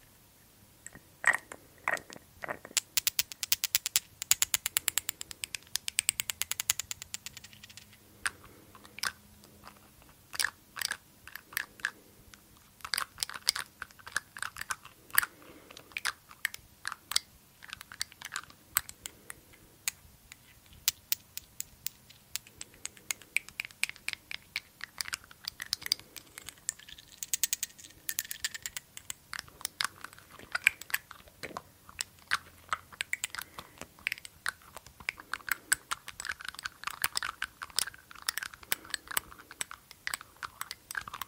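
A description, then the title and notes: A glass dropper bottle and its lid are handled, giving a dense run of sharp clicks, taps and scraping clinks throughout. The contacts come irregularly and quickly, bright and crisp, with brief quieter gaps and a faint low hum underneath. ASMR 30 Mins of Glass Dropper Bottle & Lid Sounds for Tingles - tapping, no talking.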